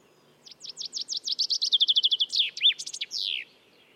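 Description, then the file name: Common chaffinch delivers a single cascading song, starting with spaced high chips, quickening into a rattle and finishing with an emphatic descending flourish; nothing else audible. "Fringilla coelebs"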